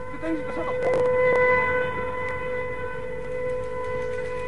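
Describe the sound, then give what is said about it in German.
A steady, droning siren holds several sustained tones across the whole stretch, loud and continuous, with brief bursts of noise and faint voices mixed underneath. “Ach, hört denn das nicht bald auf? Das Sirenengeheul macht einen ja ganz nervös.”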